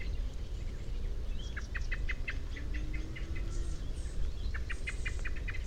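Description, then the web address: Common blackbird chinking in short clicking series, with a heavy low rumble throughout. "SETE data Turdus merula"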